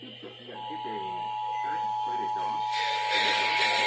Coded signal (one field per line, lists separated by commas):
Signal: Emergency Alert System (SAME) tones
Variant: 853 and 960 Hz attention tone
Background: speech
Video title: A TEST OR AMBER... EAS Test Alerts From July 2026 (EAS#6,358 - 6,392)